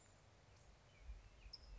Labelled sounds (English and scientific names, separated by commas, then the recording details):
California Towhee (Melozone crissalis)
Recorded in Sonoma County, California